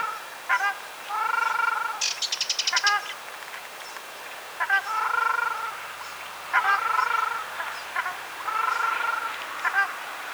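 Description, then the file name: Ruddy shelduck producing drawn-out nasal honks in repeated bouts, with a quick rattling burst of higher clicks early on. "ogar golos"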